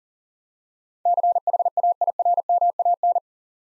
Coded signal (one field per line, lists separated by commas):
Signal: Morse code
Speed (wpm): 38 wpm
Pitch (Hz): 700 Hz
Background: none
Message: CHAIRMAN